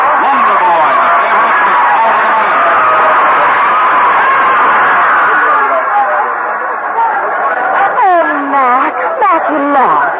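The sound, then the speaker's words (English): A large crowd at a horse race roars in a loud, steady wall of overlapping voices just after a finish in which Matchless wins ahead of Star Girl and Warlord, and near the end rising and falling groans and moans break out above the din. “let's get out of this crowd.”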